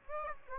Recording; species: mosquito wingbeat signal from an infrared sensor; Aedes aegypti